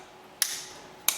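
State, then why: Torque reached. A click-type torque wrench tightens a cylinder head bolt on the engine block of an Opel Astra and clicks at its 25 Nm setting at 0.4 s and again at 1.1 s. Each click is a sharp, bright snap with a short fading tail over a quiet background.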